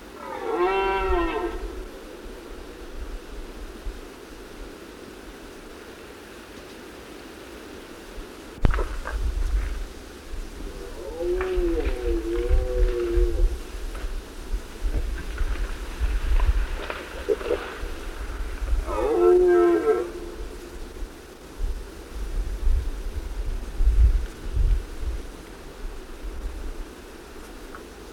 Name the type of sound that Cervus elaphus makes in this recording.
call